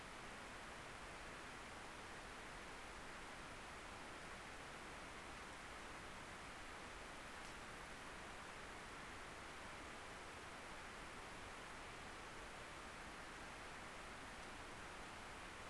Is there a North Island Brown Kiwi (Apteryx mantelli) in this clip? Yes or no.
no